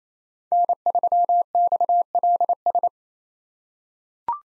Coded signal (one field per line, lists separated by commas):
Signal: Morse code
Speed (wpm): 27 wpm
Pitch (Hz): 700 Hz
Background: none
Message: N3XLS